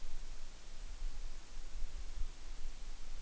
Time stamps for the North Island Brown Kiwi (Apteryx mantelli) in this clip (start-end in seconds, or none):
none